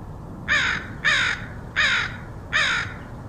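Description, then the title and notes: Crow giving four raspy caws, roughly one every seven-tenths of a second, with faint low background hum. Crows recorded in Portland, Oregon, United States, August 2003. "Crows of Portland. Crows recorded by Dan Bodah in Portland, OR, August 2003"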